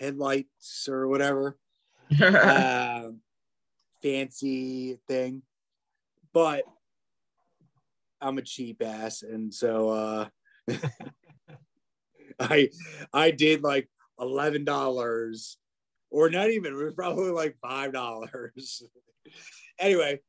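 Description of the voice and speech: Adult male speaker with aphasia. His speech is fragmented and halting, with long pauses between short phrases.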